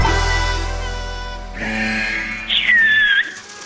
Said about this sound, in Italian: Ma amministratore, ma lei non lavora mai? Possibile che ogni volta le telefoniamo sta fischiando, sta...